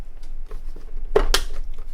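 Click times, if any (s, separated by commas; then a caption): 1.2 s, 1.3 s. A plastic earmuff arm connector is placed into the side cap accessory slot of a safety helmet and pushed home. Two sharp clicks ring out at 1.2 and 1.4 seconds over faint handling noise, and the connector is seated in the slot.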